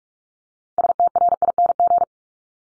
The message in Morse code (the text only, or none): STRING